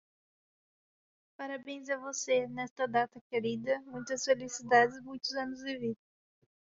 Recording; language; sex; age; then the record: short text; Brazilian Portuguese; female; 20 to 29 years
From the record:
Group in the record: control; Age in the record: 22 years